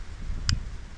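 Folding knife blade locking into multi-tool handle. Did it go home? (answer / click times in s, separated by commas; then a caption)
yes / 0.5 s. The folding knife blade of a NEXTORCH Pioneer multi-tool is swung open until its metal liner lock engages with a sharp click at 0.5 s, locking the blade in place. Faint background noise runs throughout the clip, and the click carries a bright burst of high-frequency energy.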